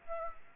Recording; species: mosquito wingbeat signal from an infrared sensor; Aedes aegypti